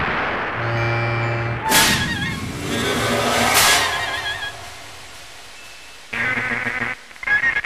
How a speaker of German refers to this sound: Ein Esel.